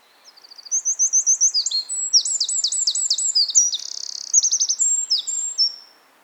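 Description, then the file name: Eurasian wren song, a fast, high-pitched outpouring of rapid trills and sharp ticking notes running for about five seconds, varied and loud throughout. "Troglodytes troglodytes"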